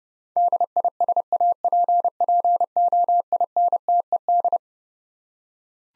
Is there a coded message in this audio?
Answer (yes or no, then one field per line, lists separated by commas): yes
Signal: Morse code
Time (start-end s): 0.4-4.6 s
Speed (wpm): 30 wpm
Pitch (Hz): 700 Hz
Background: none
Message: DISAPPOINTED